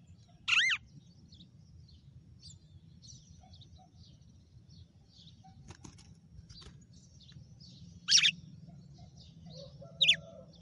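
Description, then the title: Red-cowled cardinal giving three sharp, high, descending notes spread over ten seconds, with a brief click and faint chirping. Female red-cowled cardinal; title names a bird Fenrir and says it gave 'açoite' that day. "Canto Galo Campina Fêmea 06. GALO DE CAMPINA FENRIR - HJ FOI AÇOITE VIU??"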